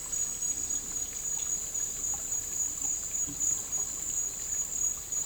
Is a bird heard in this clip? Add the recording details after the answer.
no. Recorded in dense forest near Puerto Asís, Putumayo, Colombia, on 9 March 2025 at 09:30. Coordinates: 0.467, -76.328. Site G041